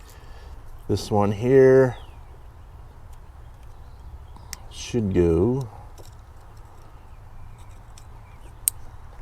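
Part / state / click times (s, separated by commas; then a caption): second wiring harness connector into module harness / seated / 8.7 s. Someone talks while a second plastic wiring harness connector is pushed into its mate on a performance module harness during an install on a 2020 Chevy Duramax. A sharp, loud snap rings out at 8.7 s as the connector seats and is secure.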